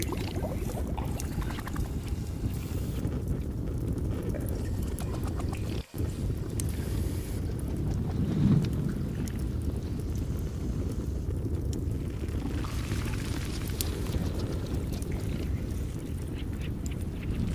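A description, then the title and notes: A cauldron boils with a dense, steady low rumble and bubbling throughout, briefly cutting out near six seconds, with a small bump around eight. Cauldron boiling/bubbling.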